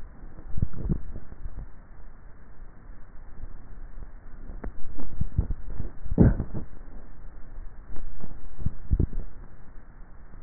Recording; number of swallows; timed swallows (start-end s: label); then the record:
swallowing sounds by neck microphone; 3
0.67-1.23 s: swallow
5.23-5.73 s: swallow
8.73-9.20 s: swallow
From the record:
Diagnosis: dysphagia